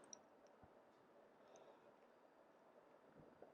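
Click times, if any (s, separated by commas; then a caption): none. During fishing reel maintenance, a reel component is handled near the fishing reel body, ready to be pressed back on, with a few faint high ticks over a steady low background hiss. Nothing has seated or clicked into place yet.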